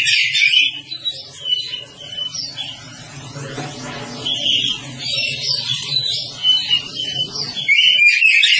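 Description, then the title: Oriental magpie-robin song with rich warbled and whistled phrases, loud at the start and end, quieter in the middle over a constant low hum. "Kacer"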